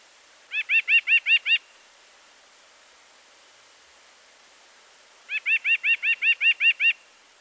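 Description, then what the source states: White-breasted Nuthatch song, a quick even series of six nasal single notes, then after a pause a longer run of matching notes. Song is a repeated single note with a nasal quality but a different tone from the nasal 'ank' call.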